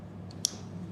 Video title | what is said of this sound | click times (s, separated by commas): Unboxing Loop Experience 2 Plus Earplugs | Ah, you heard a little click. | 0.5 s